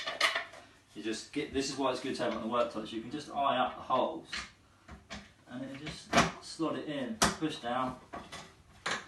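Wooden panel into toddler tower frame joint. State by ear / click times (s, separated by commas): seated / 8.9 s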